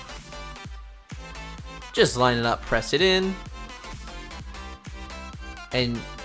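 A DDR4 memory stick is lined up and pressed into a motherboard DIMM slot while someone talks over steady background music. The stick is handled but not yet home; nothing has seated or clicked yet.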